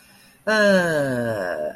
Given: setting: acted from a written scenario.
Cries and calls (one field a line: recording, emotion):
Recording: vocal sound without words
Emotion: neutral